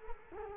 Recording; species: mosquito wingbeat signal from an infrared sensor; Culex quinquefasciatus